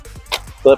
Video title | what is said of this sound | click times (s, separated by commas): The 26 lb Helium Folding Wheelchair That Fits in ANY Car Trunk! | And then you heard it snap into place. | 0.3 s